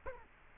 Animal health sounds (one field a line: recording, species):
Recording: mosquito wingbeat signal from an infrared sensor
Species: Culex quinquefasciatus